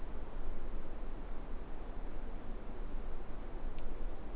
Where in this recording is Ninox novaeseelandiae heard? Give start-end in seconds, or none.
none